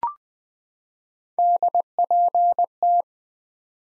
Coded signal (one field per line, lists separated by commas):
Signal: Morse code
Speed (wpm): 20 wpm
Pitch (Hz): 700 Hz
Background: none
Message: DPT